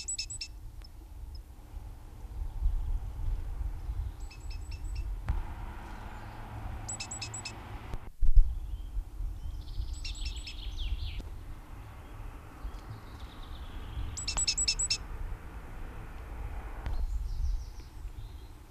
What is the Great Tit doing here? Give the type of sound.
song